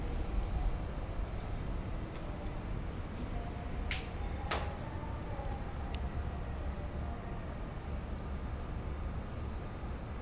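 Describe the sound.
Street ambience in Yokohama's Chinatown, a steady low rumble of traffic and crowd filling the whole clip. Sharp knocks or clacks ring out around the four-second mark and again near six seconds, with a faint thin tone drifting through the middle.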